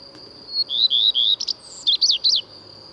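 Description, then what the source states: Common redstart song: a few slurred whistled notes, then a quick scratchy flourish and a few high chirps, against a constant high-pitched drone. Returns in April; sings from conspicuous, fairly high perches on trees or roofs; breeds in forest.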